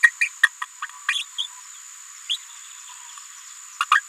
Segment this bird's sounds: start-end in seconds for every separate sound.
0.03-0.11, 0.21-0.28, 0.43-0.47, 0.61-0.64, 0.82-0.86, 1.08-1.23, 1.38-1.47, 2.29-2.37, 3.80-3.84, 3.91-4.01